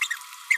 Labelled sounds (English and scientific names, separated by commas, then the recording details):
Green-rumped Parrotlet (Forpus passerinus) babbling
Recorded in a nest box in Venezuela
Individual 18B25A4